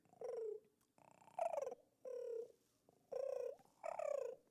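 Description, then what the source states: Sandhill crane giving several rolling, trumpeting calls that slide slightly downward. Heard especially in fall; migrating birds sound as if at treetop height but are usually very high in the sky and hard to find.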